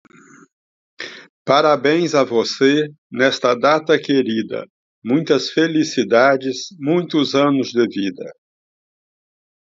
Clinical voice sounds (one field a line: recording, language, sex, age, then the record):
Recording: short text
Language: Brazilian Portuguese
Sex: male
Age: 60 to 69 years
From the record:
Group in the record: control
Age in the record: 66 years